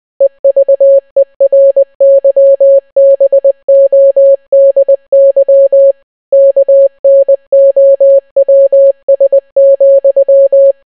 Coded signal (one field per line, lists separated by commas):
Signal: Morse code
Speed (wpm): 20 wpm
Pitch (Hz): 550 Hz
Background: none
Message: EVERYBODY KNOWS,